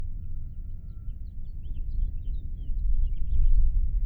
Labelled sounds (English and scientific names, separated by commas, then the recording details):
House Finch (Haemorhous mexicanus) song
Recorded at Long Beach on Long Island, New York, on 2 June 1975
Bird A